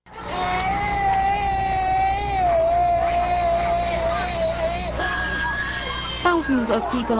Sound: the sound of refugee children crying

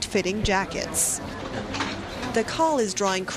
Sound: sounds from a busy shopping center

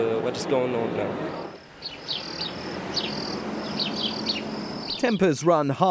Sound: The sound of birds singing in the Golan Heights

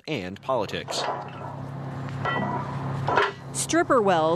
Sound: The sound of stripper wells pumping on the Siberian plains

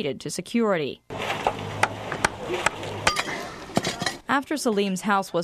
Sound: the sounds of construction

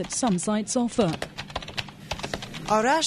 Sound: the sound of a clicking keyboard

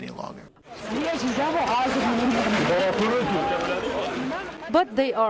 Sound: The sounds of a busy market in Tashkent

